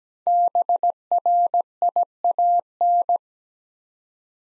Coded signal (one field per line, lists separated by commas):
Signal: Morse code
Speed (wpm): 17 wpm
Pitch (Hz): 700 Hz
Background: none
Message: BRIAN